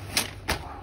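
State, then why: Seated. A baby stroller's folding frame is unfolded after its side lock is released, giving two sharp thuds at 0.2 s and 0.5 s as the frame snaps into its open position. The frame lock seats, and a green indicator shows it is locked.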